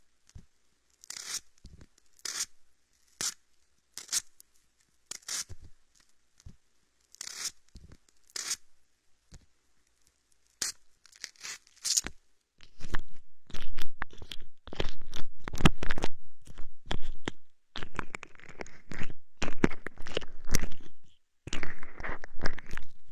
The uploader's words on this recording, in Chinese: 自制芦荟胶，按摩你的耳朵。